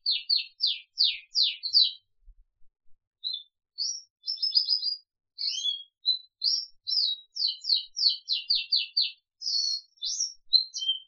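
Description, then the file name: Crested canary song: rapid series of sharp high notes, then buzzy trills and rolling chirped phrases. "audio kenari jambul"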